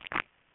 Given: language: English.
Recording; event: throat vibration sensor signal played as sound; swallow